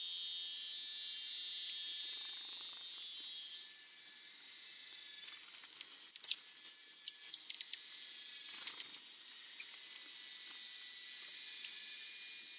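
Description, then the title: Bird giving high, thin chirps and short tweets in scattered bursts, busiest in the middle, over a steady high-pitched background tone. "LuckyPassaro Completos2Sama"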